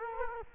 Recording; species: mosquito wingbeat signal from an infrared sensor; Culex quinquefasciatus